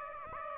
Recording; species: mosquito wingbeat signal from an infrared sensor; Aedes aegypti